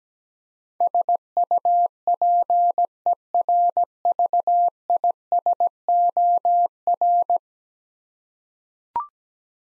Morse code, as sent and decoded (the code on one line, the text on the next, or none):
... ..- .--. . .-. ...- .. ... --- .-.
SUPERVISOR